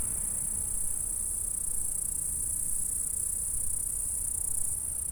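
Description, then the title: A steady, high-pitched insect chorus of stridulation goes on without variation throughout, with a soft low hum beneath. "Saint-François-de-Sales, France - insectes"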